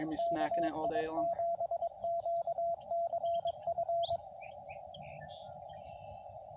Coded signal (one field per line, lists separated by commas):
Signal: Morse code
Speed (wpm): 22 wpm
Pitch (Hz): 680 Hz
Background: speech, radio noise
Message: KI7QCF